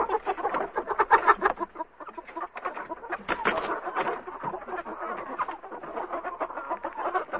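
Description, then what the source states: Chicken: many birds cluck at once, a busy rolling mass of low clucks with brief louder cries. Chickens in a chicken coop.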